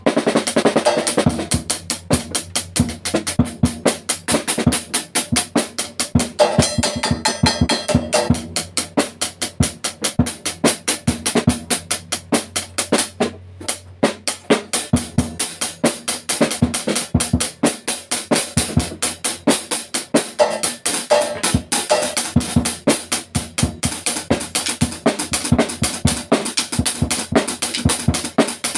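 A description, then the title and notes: Drums alone play a fast, steady beat for the whole half minute, with sharp crisp hits packed closely together over a low thump. Around the middle the playing briefly drops out before the same busy, even pattern picks up again. Pure drum recording.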